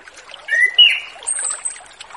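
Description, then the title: Orange-headed thrush song, a short phrase of smooth whistles ending in a very high thin drawn-out note. Relaxed 'ngeplong' singing style used as a lure for a spotted young orange-headed thrush (anis kembang trotol) that has escaped. "Anis Kembang Ngeplong Santai , Untuk Pancingan Anis Kembang Lepas Trotol"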